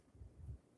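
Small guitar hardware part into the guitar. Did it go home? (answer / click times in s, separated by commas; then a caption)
no / none. A small hardware part is handled and fitted on its own into a guitar during a guitar setup, giving soft low rumbling thumps around 0.2 s and 0.5 s. Nothing has seated or clicked yet.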